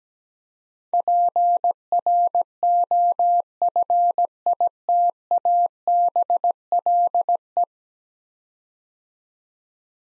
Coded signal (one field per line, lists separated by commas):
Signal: Morse code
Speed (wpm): 17 wpm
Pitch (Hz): 700 Hz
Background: none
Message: PROFITABLE